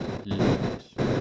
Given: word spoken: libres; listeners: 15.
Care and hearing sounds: one Spanish word in noise, from a listening test; noise modulated by one talker; -8.1 dB; 0 of 15; 6 of 15; 0.80 s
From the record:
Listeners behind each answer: 6, 2, 1, 1, 1, 1, 1, 1, 1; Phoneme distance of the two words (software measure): 10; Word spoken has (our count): 2 syllables, 6 phonemes, stress on syllable 1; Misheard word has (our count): 2 syllables, 6 phonemes, stress on syllable 1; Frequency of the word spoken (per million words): 39.42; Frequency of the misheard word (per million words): 112.38

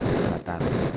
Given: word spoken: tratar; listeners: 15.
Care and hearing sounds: one Spanish word in noise, from a listening test; noise modulated by three-talker babble; -6.8 dB; 0 of 15; 6 of 15; 0.57 s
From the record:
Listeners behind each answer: 6, 4, 2, 1, 1, 1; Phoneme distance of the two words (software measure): 17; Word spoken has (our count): 2 syllables, 6 phonemes, stress on syllable 2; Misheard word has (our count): 2 syllables, 5 phonemes, stress on syllable 2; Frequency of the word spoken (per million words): 68.34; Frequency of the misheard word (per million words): 36.28

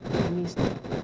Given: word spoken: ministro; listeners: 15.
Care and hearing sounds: one Spanish word in noise, from a listening test; noise modulated by three-talker babble; -4.3 dB; 0 of 15; 6 of 15; 0.64 s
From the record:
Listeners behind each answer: 6, 2, 1, 1, 1, 1, 1, 1, 1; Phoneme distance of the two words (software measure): 24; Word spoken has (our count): 3 syllables, 8 phonemes, stress on syllable 2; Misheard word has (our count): 2 syllables, 6 phonemes, stress on syllable 1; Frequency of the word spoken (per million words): 238.18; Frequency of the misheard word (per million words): 7.51

